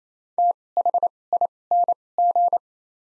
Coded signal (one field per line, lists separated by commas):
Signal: Morse code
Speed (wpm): 28 wpm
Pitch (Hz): 700 Hz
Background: none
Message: THING